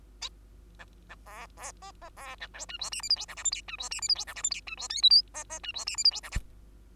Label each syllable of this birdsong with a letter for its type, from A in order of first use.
A A B B C C B A D E F G H I J K L M N E F G H I J K L M N E F O P Q C C E F G H I J K L